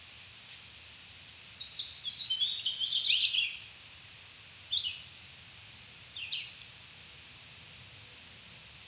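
Swainson's warbler song, a burst of downslurred notes falling in pitch, followed by brief phrases and thin high chip notes repeated every couple of seconds.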